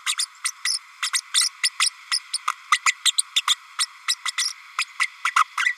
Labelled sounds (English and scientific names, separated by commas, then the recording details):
Green-rumped Parrotlet (Forpus passerinus) babbling
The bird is a female
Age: 32 days
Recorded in a nest box in Venezuela
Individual 17B32A5